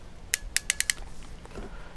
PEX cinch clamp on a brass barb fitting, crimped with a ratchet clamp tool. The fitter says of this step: and you'll hear it click hear it click and then then it releases